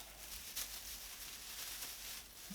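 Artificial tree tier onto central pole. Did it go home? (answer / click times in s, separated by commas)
no / none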